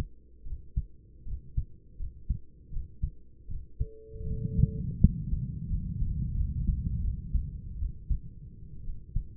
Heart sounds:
heart sounds by stethoscope; 79 bpm
0.45 s: heartbeat
1.26 s: heartbeat
1.99 s: heartbeat
2.71 s: heartbeat
3.48 s: heartbeat
4.27 s: heartbeat
5.01 s: heartbeat
5.69 s: heartbeat
6.35 s: heartbeat
7.02 s: heartbeat
7.78 s: heartbeat
8.83 s: heartbeat
From the record:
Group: healthy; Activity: rest 0-6 s, breath hold 6-9 s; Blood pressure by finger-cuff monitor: 118/72 mmHg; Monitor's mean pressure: 87 mmHg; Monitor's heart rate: 80 bpm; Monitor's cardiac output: 8.5 L/min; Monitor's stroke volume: 105 mL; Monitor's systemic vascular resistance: 760 dyn s/cm5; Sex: male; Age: 24 years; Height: 184 cm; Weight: 89 kg

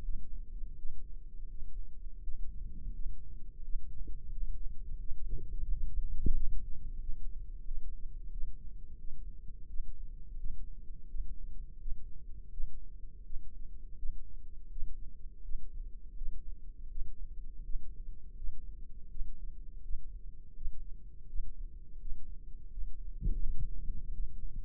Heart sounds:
heart sounds by microphone in the left ear; 85 bpm
0.02 s: heartbeat
0.75 s: heartbeat
1.47 s: heartbeat
2.20 s: heartbeat
2.91 s: heartbeat
3.60 s: heartbeat
4.28 s: heartbeat
4.96 s: heartbeat
5.65 s: heartbeat
6.32 s: heartbeat
6.99 s: heartbeat
7.64 s: heartbeat
8.30 s: heartbeat
8.97 s: heartbeat
9.66 s: heartbeat
10.36 s: heartbeat
11.06 s: heartbeat
11.78 s: heartbeat
12.50 s: heartbeat
13.23 s: heartbeat
13.96 s: heartbeat
14.69 s: heartbeat
15.42 s: heartbeat
16.14 s: heartbeat
16.88 s: heartbeat
17.62 s: heartbeat
18.35 s: heartbeat
19.08 s: heartbeat
19.81 s: heartbeat
20.53 s: heartbeat
21.26 s: heartbeat
21.98 s: heartbeat
22.69 s: heartbeat
23.39 s: heartbeat
24.10 s: heartbeat
From the record:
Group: healthy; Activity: Valsalva maneuver 0-24 s, rest 24-25 s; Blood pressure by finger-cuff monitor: 102/54 mmHg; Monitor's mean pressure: 68 mmHg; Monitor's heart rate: 84 bpm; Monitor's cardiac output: 6.9 L/min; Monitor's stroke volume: 82 mL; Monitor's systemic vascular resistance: 690 dyn s/cm5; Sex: female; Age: 26 years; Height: 165 cm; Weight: 55 kg

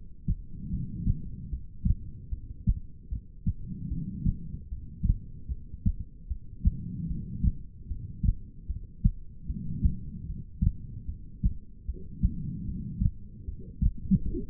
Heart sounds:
heart sounds by stethoscope; 75 bpm
0.70 s: heartbeat
1.49 s: heartbeat
2.29 s: heartbeat
3.09 s: heartbeat
3.89 s: heartbeat
4.68 s: heartbeat
5.48 s: heartbeat
6.27 s: heartbeat
7.07 s: heartbeat
7.87 s: heartbeat
8.67 s: heartbeat
9.46 s: heartbeat
10.26 s: heartbeat
11.06 s: heartbeat
11.85 s: heartbeat
12.65 s: heartbeat
13.45 s: heartbeat
14.25 s: heartbeat
From the record:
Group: heart failure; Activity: rest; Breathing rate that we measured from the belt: 21 breaths a minute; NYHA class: 2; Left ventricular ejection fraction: 58%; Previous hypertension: present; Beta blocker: bisoprolol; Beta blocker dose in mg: 5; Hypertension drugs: ramipril, spironolactone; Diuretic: furosemide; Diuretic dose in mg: 160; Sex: female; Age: 55 years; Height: 155 cm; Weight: 67 kg

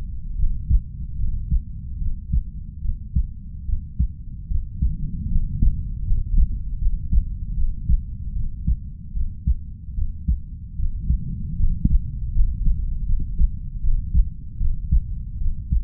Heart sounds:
heart sounds by stethoscope; 76 bpm
0.35 s: heartbeat
1.16 s: heartbeat
1.98 s: heartbeat
2.81 s: heartbeat
3.65 s: heartbeat
4.47 s: heartbeat
5.28 s: heartbeat
6.03 s: heartbeat
6.78 s: heartbeat
7.54 s: heartbeat
8.32 s: heartbeat
9.13 s: heartbeat
9.94 s: heartbeat
10.75 s: heartbeat
11.56 s: heartbeat
12.32 s: heartbeat
13.05 s: heartbeat
13.80 s: heartbeat
14.57 s: heartbeat
15.37 s: heartbeat
From the record:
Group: healthy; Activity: rest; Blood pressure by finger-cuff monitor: 112/62 mmHg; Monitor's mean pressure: 75 mmHg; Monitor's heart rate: 76 bpm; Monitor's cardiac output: 5.9 L/min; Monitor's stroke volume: 78 mL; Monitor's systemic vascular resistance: 930 dyn s/cm5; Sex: female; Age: 32 years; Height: 168 cm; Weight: 61.9 kg

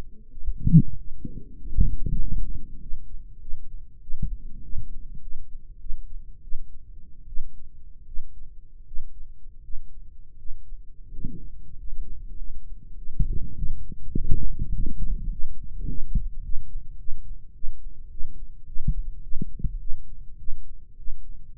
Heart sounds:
heart sounds by microphone in the right ear; 96 bpm
0.28 s: heartbeat
0.94 s: heartbeat
1.56 s: heartbeat
2.19 s: heartbeat
2.79 s: heartbeat
3.39 s: heartbeat
4.00 s: heartbeat
4.61 s: heartbeat
5.19 s: heartbeat
5.78 s: heartbeat
6.41 s: heartbeat
7.26 s: heartbeat
8.05 s: heartbeat
8.85 s: heartbeat
9.61 s: heartbeat
10.36 s: heartbeat
11.09 s: heartbeat
11.75 s: heartbeat
12.36 s: heartbeat
12.95 s: heartbeat
13.54 s: heartbeat
14.13 s: heartbeat
14.71 s: heartbeat
15.29 s: heartbeat
15.86 s: heartbeat
16.41 s: heartbeat
16.97 s: heartbeat
17.52 s: heartbeat
18.08 s: heartbeat
18.64 s: heartbeat
19.20 s: heartbeat
19.78 s: heartbeat
20.36 s: heartbeat
20.95 s: heartbeat
21.54 s: heartbeat
From the record:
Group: healthy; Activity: rest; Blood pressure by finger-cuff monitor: 129/69 mmHg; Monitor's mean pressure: 93 mmHg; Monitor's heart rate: 100 bpm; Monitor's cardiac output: 8 L/min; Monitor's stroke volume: 86 mL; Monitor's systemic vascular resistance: 830 dyn s/cm5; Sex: male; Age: 21 years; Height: 180 cm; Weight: 67.5 kg

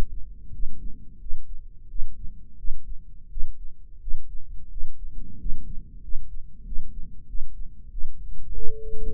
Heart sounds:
heart sounds by microphone in the right ear; 90 bpm
0.51 s: heartbeat
1.18 s: heartbeat
1.87 s: heartbeat
2.56 s: heartbeat
3.28 s: heartbeat
3.99 s: heartbeat
4.69 s: heartbeat
5.37 s: heartbeat
6.01 s: heartbeat
6.64 s: heartbeat
7.26 s: heartbeat
7.89 s: heartbeat
8.53 s: heartbeat
From the record:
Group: healthy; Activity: rest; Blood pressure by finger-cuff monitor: 142/98 mmHg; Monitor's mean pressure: 110 mmHg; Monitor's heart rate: 87 bpm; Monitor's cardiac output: 7.4 L/min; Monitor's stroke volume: 85 mL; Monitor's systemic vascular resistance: 1110 dyn s/cm5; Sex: male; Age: 23 years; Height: 179 cm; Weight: 87 kg

